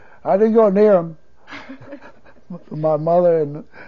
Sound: he laughs

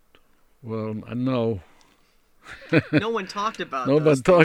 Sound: he laughs

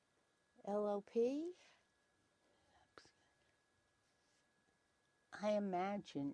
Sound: whispers

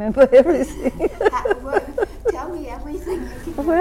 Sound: laughs

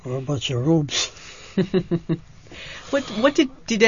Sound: laughs

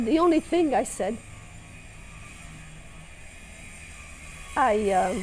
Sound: a drilling noise can be heard in the background on the tape

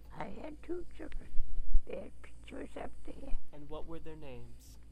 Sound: microphone disturbance

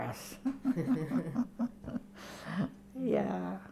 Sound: they laugh

